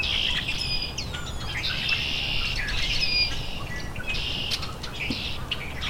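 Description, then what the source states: Rusty Blackbird song: high, squeaky, buzzy bursts with thin whistled slurs, several phrases in quick succession over a low rumble of background noise. Male singing from dogwood, with a very high-pitched vocalization; singing right on time, about 30 minutes after its last songs.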